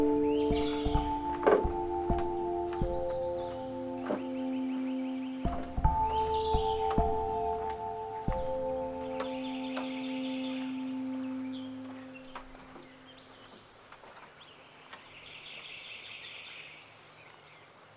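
Swamp ambience at Lettuce Lakes in an old bald cypress grove, with chirping birds calling on and off high above a steady bed of held, humming tones. Sharp knocks and snaps break in around 1–2, 5–6 and 8 seconds. After about 12 seconds everything quiets and thins out.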